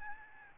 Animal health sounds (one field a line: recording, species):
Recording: mosquito wingbeat signal from an infrared sensor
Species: Aedes albopictus